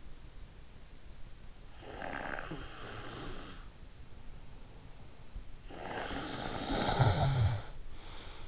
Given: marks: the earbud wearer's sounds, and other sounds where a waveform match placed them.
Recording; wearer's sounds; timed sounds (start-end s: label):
sounds in sleep by an in-ear microphone; snoring breath
1.63-4.19 s: snoring breath
5.52-8.48 s: snoring breath